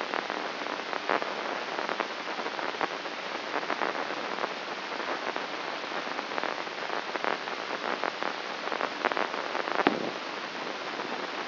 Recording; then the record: brain microelectrode recording played as sound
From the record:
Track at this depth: inside the subthalamic nucleus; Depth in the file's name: 4.43 mm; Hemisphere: left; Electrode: 3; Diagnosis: Parkinson's disease